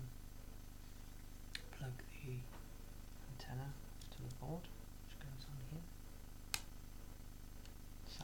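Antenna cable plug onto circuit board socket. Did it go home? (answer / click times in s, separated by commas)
yes / 6.5 s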